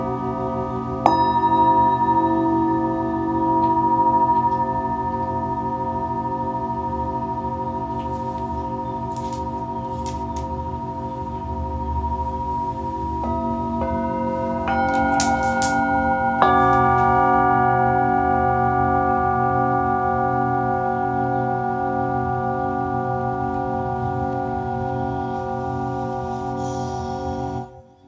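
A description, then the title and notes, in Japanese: Tibetan singing bowls ring in long, overlapping sustained tones over a steady low hum. A bowl is struck near the start, new strikes come in around 13, 15 and 16 seconds, and the layered ringing holds at an even level until it cuts off at the end. 深夜のシンギングボウルのサウンドヒーリング。チベタンシンギングボウル。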